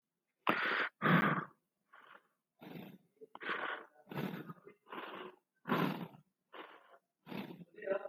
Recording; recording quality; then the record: shallow breathing; excellent, no background noise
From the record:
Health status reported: exposed to COVID-19, no respiratory illness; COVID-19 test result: negative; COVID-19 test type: RT-PCR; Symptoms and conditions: sore throat, asthma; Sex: male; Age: 37 years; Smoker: no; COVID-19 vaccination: both doses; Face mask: worn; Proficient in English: no